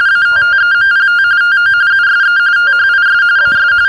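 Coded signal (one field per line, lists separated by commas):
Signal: RTTY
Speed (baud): 45.45 baud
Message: ATTEMPT TO USE THIS AS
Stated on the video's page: RTTY and SSTV played through a homemade parrot/echo simplex repeater built from a bare-metal audio capture program.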